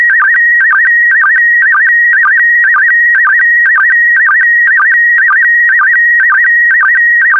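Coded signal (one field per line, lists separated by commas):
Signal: SSTV (slow-scan television)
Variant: PD120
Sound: steady high warbling tone with quick rhythmic dips, about two chirps per second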